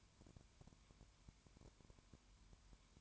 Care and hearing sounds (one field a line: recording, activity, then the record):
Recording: daily activity, microphone in the room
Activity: no activity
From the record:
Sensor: 2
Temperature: 20.0 degrees Celsius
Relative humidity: 32.1%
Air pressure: 1001.1 hPa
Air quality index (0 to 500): 55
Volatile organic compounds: 1 ppm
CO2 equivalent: 605 ppm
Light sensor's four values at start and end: 2/3/2/2 and 2/3/2/2